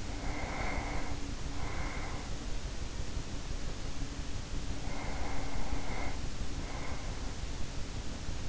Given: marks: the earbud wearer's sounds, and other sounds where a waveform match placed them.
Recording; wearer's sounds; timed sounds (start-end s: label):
sounds in sleep by an in-ear microphone; breath
0.00-2.62 s: breath
4.70-7.66 s: breath